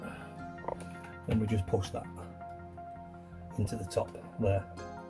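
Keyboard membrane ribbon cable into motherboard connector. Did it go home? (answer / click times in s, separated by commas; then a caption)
no / none. A flexible keyboard PCB membrane ribbon cable for an A1200 is being handled and pushed into the top of its motherboard connector while someone talks over background music. Brief sharp ticks come at 0.7 s and 0.8 s. The clip ends before the part goes home, so nothing has seated or clicked yet.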